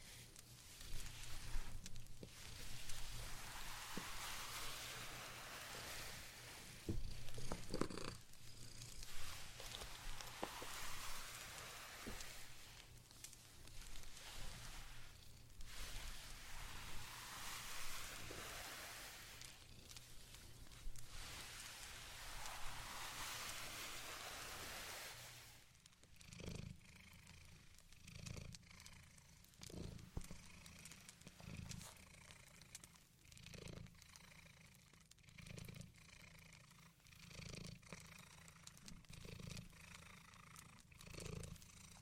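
Blanket knitting: for the first twenty-five seconds a dense, rustling swish of fabric rises and falls over a steady low hum. The hum then drops away, leaving a quieter stretch of soft clicks, taps and small dull thumps at an uneven pace.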